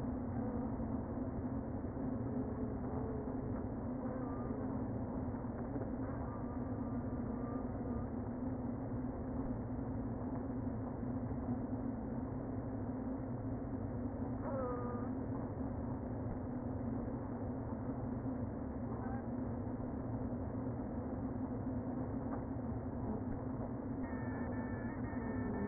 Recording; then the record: honeybee colony, microphone inside the hive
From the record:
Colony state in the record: queen present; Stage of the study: before two queens were removed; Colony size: about 60,000 bees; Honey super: yes